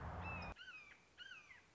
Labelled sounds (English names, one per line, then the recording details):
Red-shouldered Hawk
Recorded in Sonoma County, California